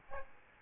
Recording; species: mosquito wingbeat signal from an infrared sensor; Aedes albopictus